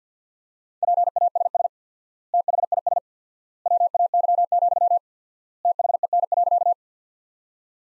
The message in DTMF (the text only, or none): none